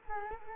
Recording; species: mosquito wingbeat signal from an infrared sensor; Culex quinquefasciatus